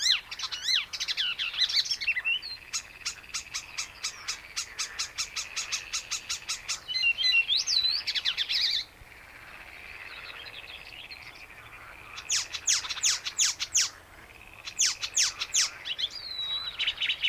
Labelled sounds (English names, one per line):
Icterine Warbler